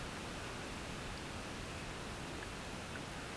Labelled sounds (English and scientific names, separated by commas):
none